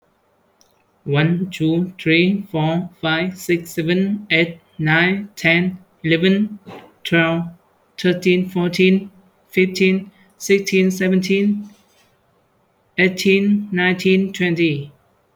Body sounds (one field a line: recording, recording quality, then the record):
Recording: counting at a fast pace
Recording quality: excellent, no background noise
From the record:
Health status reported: healthy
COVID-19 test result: not tested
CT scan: not taken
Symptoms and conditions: hypertension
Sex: male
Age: 23 years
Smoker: no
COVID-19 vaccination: none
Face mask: not worn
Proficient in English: no